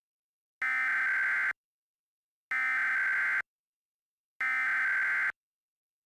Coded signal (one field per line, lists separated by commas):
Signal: Emergency Alert System (SAME) tones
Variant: header bursts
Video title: EAS Mock #2 "Fazbear's Escape"